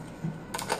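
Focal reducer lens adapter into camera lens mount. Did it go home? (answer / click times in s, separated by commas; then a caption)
no / none. A metal Metabones EF to Micro Four Thirds Speed Booster focal reducer lens adapter is handled against a Micro Four Thirds camera body's lens mount. There is a low hum, then short, sharp handling taps at about 0.6 s and 0.7 s. The clip ends before the adapter goes home, and nothing has seated or clicked yet.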